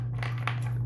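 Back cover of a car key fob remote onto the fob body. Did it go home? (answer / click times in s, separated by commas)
yes / 0.2 s, 0.5 s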